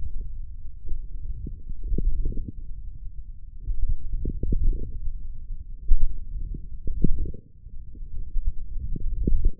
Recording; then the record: forearm muscle sounds (acoustic myography)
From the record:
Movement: forearm pronation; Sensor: system 1, eight BSWA MPA416 microphones around the upper forearm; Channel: 5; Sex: male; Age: 28 years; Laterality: right